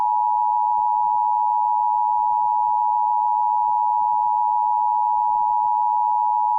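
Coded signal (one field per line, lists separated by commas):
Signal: Emergency Alert System (SAME) tones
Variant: 853 and 960 Hz attention tone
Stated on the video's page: Required Monthly Tests recorded directly from a cable box with a low-quality capture device.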